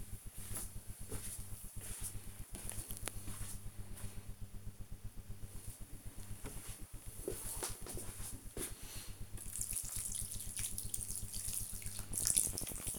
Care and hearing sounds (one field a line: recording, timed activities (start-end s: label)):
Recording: household activities, microphone on the right wrist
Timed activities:
0.00-12.99 s: watering plant